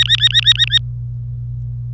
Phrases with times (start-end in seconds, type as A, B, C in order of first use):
0.00-0.78 A